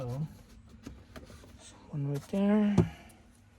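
A plastic trim clip is handled and centered at a cargo area panel hole on a 2023 Crosstrek during a Curt trailer wiring install, with faint taps and rustles while someone talks. Nothing has seated or clicked yet; the clip is not yet pushed home.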